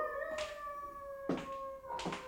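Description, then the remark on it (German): A dog howls in one long, steady, mid-high note that holds for the whole moment, broken by three brief noisy bursts spaced about a second apart. “Da hat nur ein Hund geheult.”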